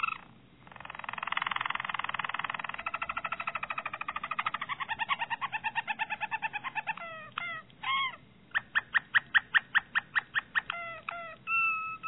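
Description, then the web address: Harz Roller canary song: a fast, dense rolling trill slowing into spaced pulsed notes, then sharp rising chips and a final steady whistle. "~joaopt canarios racas canto harzers"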